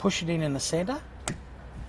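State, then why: Released. Someone talks while the center of a plastic push pin in the corner of a Toyota Prado 120 Series door trim panel is pressed in with a small Phillips head screwdriver, during a towing mirrors installation. A short, sharp click sounds at 1.3 s as the pin releases so the panel can come out.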